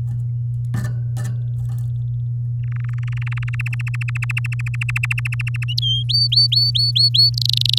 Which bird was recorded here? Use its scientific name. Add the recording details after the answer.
Serinus canaria. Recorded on 11 May 2018 at 05:47. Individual llb16